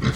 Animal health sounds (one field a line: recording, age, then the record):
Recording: pig call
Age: growing-finishing pig (85 days or more)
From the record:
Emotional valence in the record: positive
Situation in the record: run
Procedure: transit